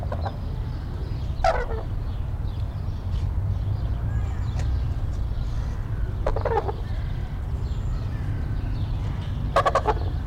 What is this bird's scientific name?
Grus japonensis